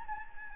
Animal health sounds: mosquito wingbeat signal from an infrared sensor; Anopheles gambiae

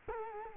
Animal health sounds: mosquito wingbeat signal from an infrared sensor; Culex quinquefasciatus

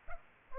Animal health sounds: mosquito wingbeat signal from an infrared sensor; Culex pipiens

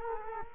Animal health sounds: mosquito wingbeat signal from an infrared sensor; Culex quinquefasciatus

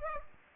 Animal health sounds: mosquito wingbeat signal from an infrared sensor; Culex pipiens

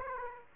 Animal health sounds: mosquito wingbeat signal from an infrared sensor; Aedes aegypti

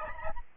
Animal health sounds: mosquito wingbeat signal from an infrared sensor; Aedes albopictus

